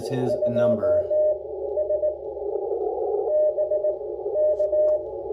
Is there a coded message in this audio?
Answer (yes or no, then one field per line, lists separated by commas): yes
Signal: Morse code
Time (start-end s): 0.3-5.0 s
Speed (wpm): 17 wpm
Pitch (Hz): 600 Hz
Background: speech, radio noise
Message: 2S BK